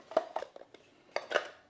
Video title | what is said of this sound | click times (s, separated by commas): xTool Just KILLED the Cricut? (M2 Color Craft Laser First Unboxing) | just clicks right into place | 1.2 s